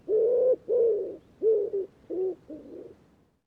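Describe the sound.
Bird giving low coos in a series of about six notes, the first two long, the later ones shorter and the last softer.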